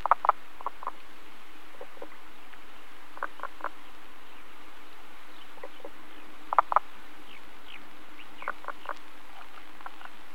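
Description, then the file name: Common spadefoot calls: short knocking notes in quick pairs and triplets, repeated throughout. "løgfrø"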